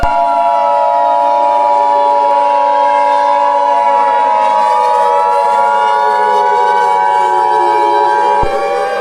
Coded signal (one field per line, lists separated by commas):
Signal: Emergency Alert System (SAME) tones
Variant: 853 and 960 Hz attention tone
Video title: EAS SCENARIO: Black Shadow Humans 1/31/2025. **HAS VALID TONES**